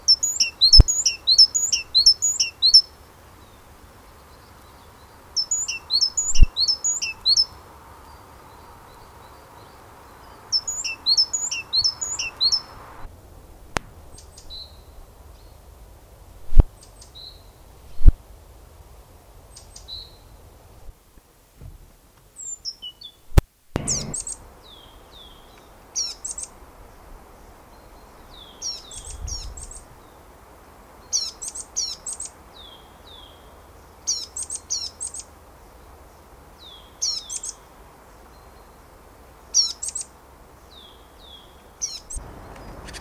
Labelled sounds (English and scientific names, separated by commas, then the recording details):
Great Tit (Parus major) call
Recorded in the wild
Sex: diverse
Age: diverse
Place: Erlangen, Bayern, DE
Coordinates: 49.6086, 10.9697
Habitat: forest
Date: 1962-04-02
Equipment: Stellavox SM 5, Vollspur, Nagra
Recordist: Tretzel, Erwin